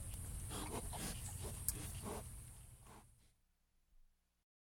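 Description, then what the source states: Pig grunts, low rough pulses repeating rapidly for about three seconds, then fading to near silence with one faint last grunt. Pigs grunting in a sty.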